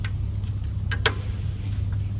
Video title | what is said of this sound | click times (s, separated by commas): Mercedes CLS Rear Brake Pad Replacement | And just push that, and then you'll just hear it clip when it's locked into place. | 1.1 s